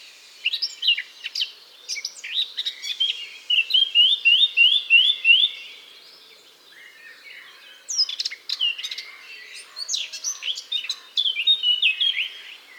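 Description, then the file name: Eurasian blackcap giving two long bursts of rapid warbling with repeated whistled notes, separated by a quiet gap of about two seconds. "Sylvia atricapilla"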